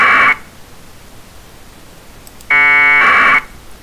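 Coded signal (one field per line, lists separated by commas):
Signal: packet radio (AX.25, as in APRS)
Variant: AFSK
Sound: two short data bursts: a brief buzzy tone, then a harsh warbling rasp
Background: radio static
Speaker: this is a sample of the audio that you'll hear and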